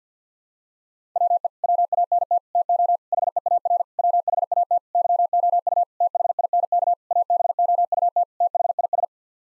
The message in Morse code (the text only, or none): WE WANT TO HEAR WHAT YOU THINK ABOUT THIS